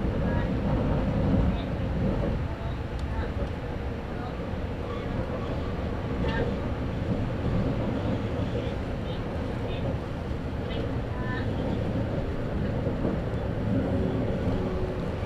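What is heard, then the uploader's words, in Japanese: Recorded inside a limited express train running on a single-track line, with a steady, dense low rumble of wheels and motors throughout. Faint murmurs and a few light clicks and ticks come through every few seconds, while a thin mid-range whine holds underneath. 伊豆箱根鉄道 大場→修善寺 特急踊り子13号にて。単線区間なのでさほど速度は上がりませんが、行き違いのない棒線上の駅は軽やかにスルーしていきます。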